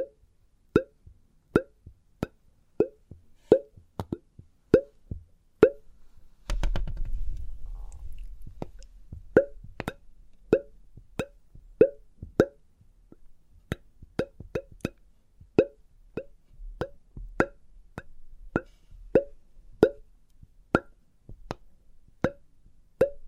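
Test tubes give a steady train of short, hollow plops, roughly two per second, each with a clear, glassy ring. Around six to nine seconds a low rumble swells and fades beneath them, and a faint low murmur lingers through later stretches.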